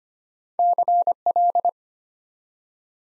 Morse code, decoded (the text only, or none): CL